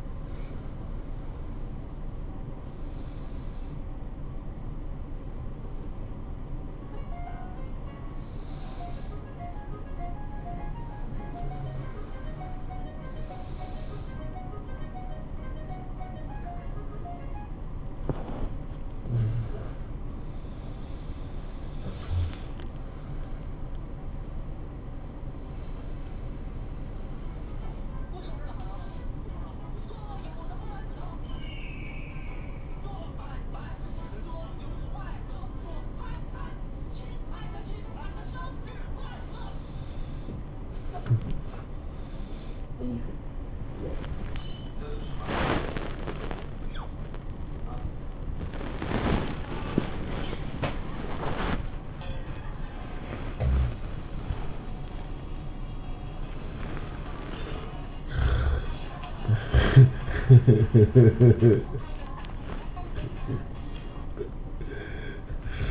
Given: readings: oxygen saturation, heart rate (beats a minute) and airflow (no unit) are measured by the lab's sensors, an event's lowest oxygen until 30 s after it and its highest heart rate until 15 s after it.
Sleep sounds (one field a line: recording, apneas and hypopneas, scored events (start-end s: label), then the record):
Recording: a person awake in a sleep study, by a smartphone at the bedside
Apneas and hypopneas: none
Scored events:
0.00-65.71 s: awake
From the record:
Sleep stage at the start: awake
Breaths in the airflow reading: 24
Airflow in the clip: -0.7 to 0.7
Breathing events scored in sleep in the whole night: 403 in 5.5 hours asleep